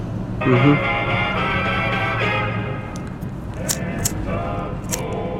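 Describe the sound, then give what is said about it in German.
A radio comes on with a click after a thunderstorm has passed. A steady hum and crackling static follow, shifting in tone as the dial is turned, with brief bursts of noise toward the end. “Na, jetzt, wo das Gewitter vorbei ist, kann ich es ja noch mal mit dem Radio versuchen.”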